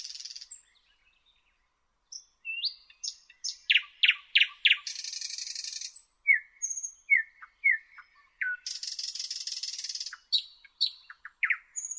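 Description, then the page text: Thrush nightingale song: loud clicking strokes, buzzing rattles, whistled slurs and short piping notes between. "Jelmer Poelstra - Обыкновенный соловей (Luscinia luscinia)"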